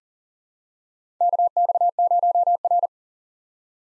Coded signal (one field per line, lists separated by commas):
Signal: Morse code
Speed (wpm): 40 wpm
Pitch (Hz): 700 Hz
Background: none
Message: KX0R